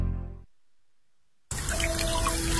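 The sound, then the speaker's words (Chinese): A short tonal sound fades into about a second of silence, then water from a tap gushes on abruptly and keeps running in a steady, full hiss to the end. “随手关上水龙头，节约，从身边小事做起。”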